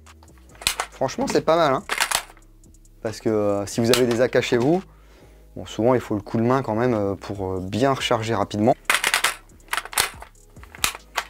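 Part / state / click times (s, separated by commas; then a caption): magazine into airsoft rifle magazine well / seated / 10.8 s. A magazine is brought up into the magazine well of a Tokyo Marui AK White Storm airsoft replica and rocked home while someone talks. Several sharp clacks come near the end, and the last hard hit at 10.8 s is the magazine locking in firmly.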